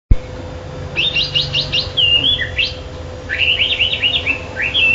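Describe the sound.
Chinese hwamei song: rapid rising whistled notes in a burst, a slurred warble, then a second run of bright whistled phrases, over a steady low hum.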